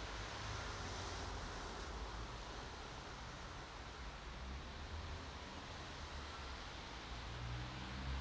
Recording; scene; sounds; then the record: everyday scene through a hearing-aid microphone; in traffic; traffic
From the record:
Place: bus stop on a city main road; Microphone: in the ear canal, right